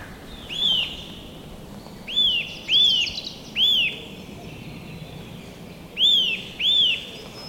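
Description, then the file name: Eurasian nuthatch repeating ringing, arched whistled notes, one at a time, spaced unevenly throughout, with soft steady background noise. "Sitta europaea"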